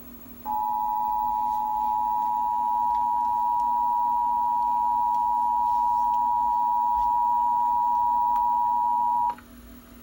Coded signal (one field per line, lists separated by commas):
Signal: Emergency Alert System (SAME) tones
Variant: 853 and 960 Hz attention tone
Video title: I thought it was canceled...EAS Tests From September 9, 2020 (EAS #498-503)